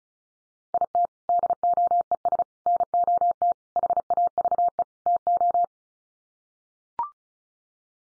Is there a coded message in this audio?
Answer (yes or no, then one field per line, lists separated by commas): yes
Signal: Morse code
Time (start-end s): 0.7-5.6 s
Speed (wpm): 34 wpm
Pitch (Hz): 700 Hz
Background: none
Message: IT DOES NOT HAVE TO